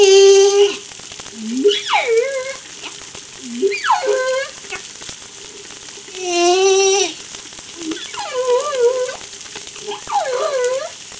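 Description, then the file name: Humpback whale song alternating low rising grunts, downward-sweeping cries and long harmonic moans in a repeating sequence. Recorded off La Réunion by Darewin on 3 July 2013. "Humpback Darewin La Reunion Jul 03 2013"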